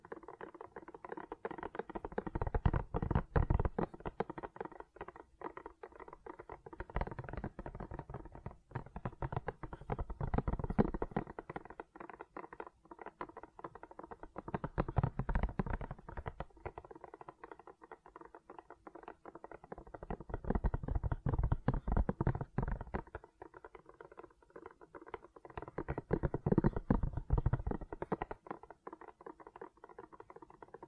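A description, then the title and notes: Gentle silicone sounds: a dense, soft crackle of small taps and squishes that never stops, mostly muted and low with little brightness. Every five or six seconds the handling swells louder for a second or two, then settles back to quiet patter. ASMR Gentle Silicon Sounds for Sleep (No Talking).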